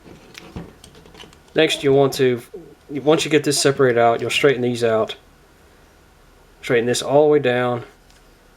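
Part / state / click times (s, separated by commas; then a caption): plastic toy part locking into figure body / not seated / none. A plastic part of a Transformers Robots in Disguise Mini-Con Deployer Drift transforming toy is handled and pushed down toward the figure body, with a few faint sharp taps near the start while someone talks. The clip ends before the part goes home, so nothing has seated or clicked yet.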